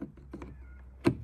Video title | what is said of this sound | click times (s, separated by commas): 2022 Maverick Left Mirror Replacement HD | they just click in place | 1.1 s